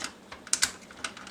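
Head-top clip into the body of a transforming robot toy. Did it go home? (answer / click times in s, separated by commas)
yes / 0.5 s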